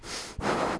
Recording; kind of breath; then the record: one breath in and out by a microphone near the nose and mouth; strong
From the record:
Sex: male